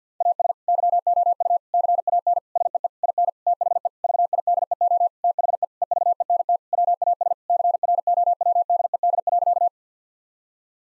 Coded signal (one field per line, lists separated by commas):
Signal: Morse code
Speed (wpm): 50 wpm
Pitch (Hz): 700 Hz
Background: none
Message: AS YOU CAN SEE IN THE VIDEO THE EVENT WAS CROWDED.